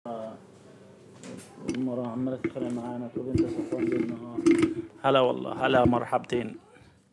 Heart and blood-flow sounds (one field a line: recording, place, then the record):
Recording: Doppler ultrasound of blood flow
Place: carotid artery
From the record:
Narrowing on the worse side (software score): normal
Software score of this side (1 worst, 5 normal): 5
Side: right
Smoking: never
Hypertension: no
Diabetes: no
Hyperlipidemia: no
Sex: male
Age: 65 years